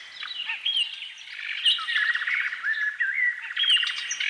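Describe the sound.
Canary singing a quick mix of whistled slurs and fast buzzy trills, phrases running straight into one another.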